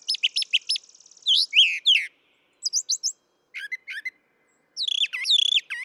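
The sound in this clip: Brown thrasher song: quick bursts of sharp, high chirps and slurred notes, some repeated in short groups.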